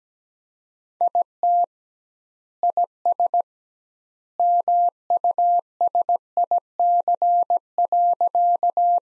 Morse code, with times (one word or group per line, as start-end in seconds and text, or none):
1.0-1.6 IT
2.6-3.4 IS
4.4-9.0 MUSIC.